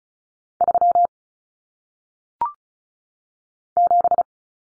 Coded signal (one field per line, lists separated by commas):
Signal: Morse code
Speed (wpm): 36 wpm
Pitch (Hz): 700 Hz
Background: none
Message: 3 7